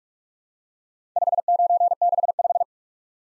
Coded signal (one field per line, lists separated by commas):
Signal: Morse code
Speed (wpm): 45 wpm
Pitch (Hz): 700 Hz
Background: none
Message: 5965